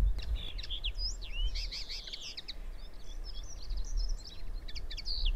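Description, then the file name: Common linnet song, a fast varied twitter of chirps, slurred whistles and short trills, fairly quiet over constant low background noise. "Common Linnet Singing"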